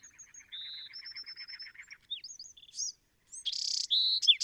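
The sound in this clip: Bewick's wren singing, a low chattering trill with thin whistles, then a pause and a bright buzzy phrase ending in sharp notes.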